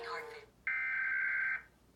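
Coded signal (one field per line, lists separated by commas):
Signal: Emergency Alert System (SAME) tones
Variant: header bursts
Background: speech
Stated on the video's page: National EAS Test audio aired on a Chicago CBS television affiliate, abruptly cut off twice.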